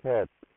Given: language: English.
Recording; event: throat vibration sensor signal played as sound; speech